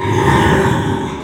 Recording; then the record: squeal of a Yucatan mini pig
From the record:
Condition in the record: after surgery on the right vocal fold (resection and tissue-engineered implant); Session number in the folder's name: 4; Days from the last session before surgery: 42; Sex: male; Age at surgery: 12 weeks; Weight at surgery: 13 kg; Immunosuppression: cyclosporine, prednisolone